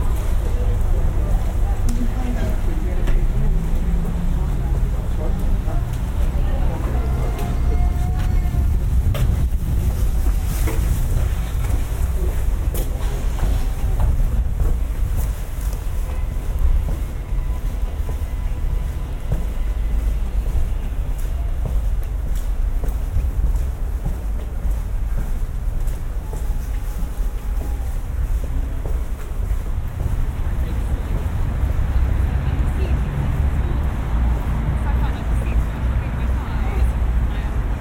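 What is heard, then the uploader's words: A walk through a business park at lunchtime, with steady low traffic rumble, wind buffeting the microphone, and occasional voices throughout. A lunchtime walk through a business park in Leamington Spa, UK. This is my first time recording a binaural soundscape using the Sennheiser Ambeo Smart Headset .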